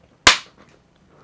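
A plastic water outlet spout is pressed with some force into the drain hole on the underside of a Kitsure dish drying rack's drain board. It snaps in with a single sharp, loud crack at 0.3 s that fades quickly into near silence. The spout is seated in the drain.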